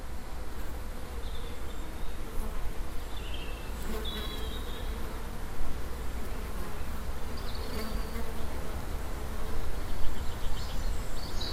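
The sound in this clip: Bee buzz forming a continuous low drone, with a few faint higher sounds above it.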